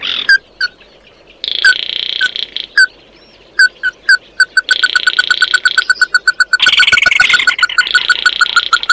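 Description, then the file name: Bird calling with spaced single notes that quicken into a fast, even series, overlaid by bursts of harsh, buzzy chatter. "Tieng chim mat do"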